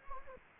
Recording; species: mosquito wingbeat signal from an infrared sensor; Anopheles gambiae